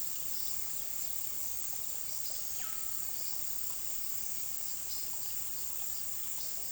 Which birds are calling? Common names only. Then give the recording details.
Russet-backed Oropendola. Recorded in pastures near Puerto Asís, Putumayo, Colombia, on 19 February 2024 at 16:30. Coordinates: 0.468, -76.328. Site G6414